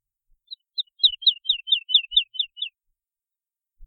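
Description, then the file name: Woodlark song phrase: about ten sweet, falling two-part notes delivered evenly over about two seconds, followed by silence. "trädlärka"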